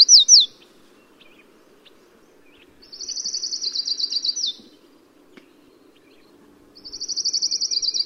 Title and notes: Only found in the Chiso mountains of Big Bend NP, This is the Colima warbler